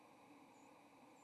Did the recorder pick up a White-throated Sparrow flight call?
yes